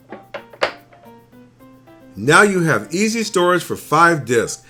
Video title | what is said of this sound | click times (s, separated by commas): 3 New Vitamix Food Processor Discs Access. Let's make Chips & Fries! | then you snap the lid from the original disc holder on top | 0.4 s, 0.6 s